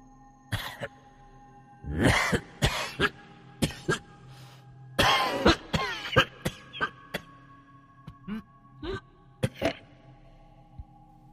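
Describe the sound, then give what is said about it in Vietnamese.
A burst of violent, hacking coughs comes in harsh, uneven clusters from inside a room where a body is laid out. The coughs are loud at first, then break into shorter, rasping barks with brief gaps between them. No one speaks. “Chị Hợi đang gật gù dựa đầu vào cột, chợt có tiếng ho sồng sộc ở trong buồng đặt xác”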